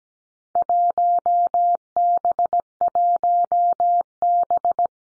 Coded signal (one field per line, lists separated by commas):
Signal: Morse code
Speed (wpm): 17 wpm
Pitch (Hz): 700 Hz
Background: none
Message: 1B1B